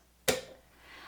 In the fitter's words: then once it's clicked go ahead and close that clamp and we can go ahead and hit this button